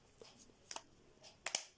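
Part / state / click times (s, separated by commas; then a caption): trimmer attachment into trimmer body / seated / 1.5 s, 1.6 s. A plastic attachment bracket on a Syska HT3333K trimmer is put into the hole on the trimmer body and pushed home. Faint handling noise and a pair of sharp ticks near 0.7 s lead to two bright, crisp clicks at 1.5 s and 1.6 s. The attachment snaps into place and is seated.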